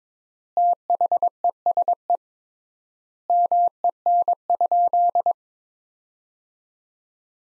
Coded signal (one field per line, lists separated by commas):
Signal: Morse code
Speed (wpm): 22 wpm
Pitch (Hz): 700 Hz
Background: none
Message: THESE MEN?